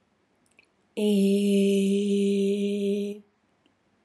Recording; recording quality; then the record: sustained vowel as in made; excellent, no background noise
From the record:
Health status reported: healthy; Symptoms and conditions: none ticked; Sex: female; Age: 70 years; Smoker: not ticked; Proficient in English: yes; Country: India